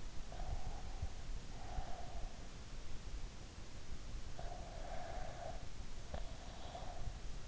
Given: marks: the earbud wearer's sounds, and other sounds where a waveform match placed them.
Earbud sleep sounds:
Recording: sounds in sleep by an in-ear microphone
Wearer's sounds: breath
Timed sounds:
0.21-2.55 s: breath
4.14-7.43 s: breath

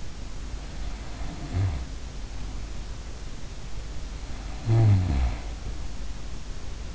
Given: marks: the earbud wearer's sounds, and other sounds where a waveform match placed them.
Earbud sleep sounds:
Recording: sounds in sleep by an in-ear microphone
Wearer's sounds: snoring breath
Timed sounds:
0.32-2.85 s: snoring breath
4.06-6.94 s: snoring breath

